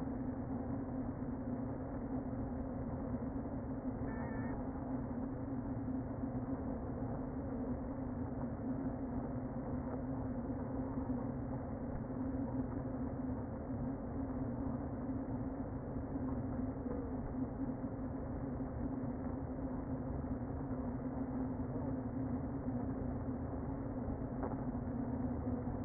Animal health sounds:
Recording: honeybee colony, microphone inside the hive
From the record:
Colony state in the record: queen present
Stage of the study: before two queens were removed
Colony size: about 60,000 bees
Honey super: yes

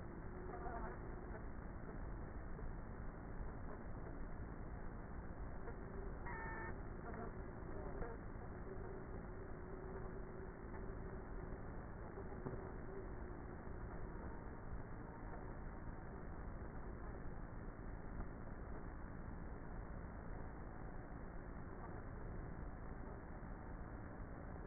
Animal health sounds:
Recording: honeybee colony, microphone inside the hive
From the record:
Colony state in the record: queenless with a low population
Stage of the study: before two queens were removed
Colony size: about 30,000 bees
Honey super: no

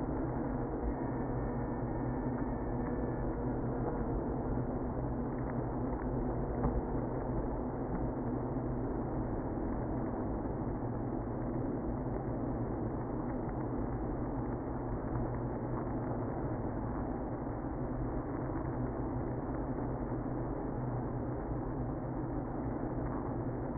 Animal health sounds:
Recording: honeybee colony, microphone inside the hive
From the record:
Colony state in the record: queenless (queen removed)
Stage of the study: after two queens were removed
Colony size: about 60,000 bees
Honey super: yes

